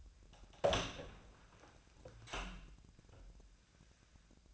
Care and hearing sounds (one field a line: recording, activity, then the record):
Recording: daily activity, microphone in the room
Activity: open door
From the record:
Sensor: 2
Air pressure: 1009.1 hPa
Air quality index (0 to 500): 193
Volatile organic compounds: 3 ppm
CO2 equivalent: 1394 ppm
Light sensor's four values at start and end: 29/77/32/34 and 29/77/33/34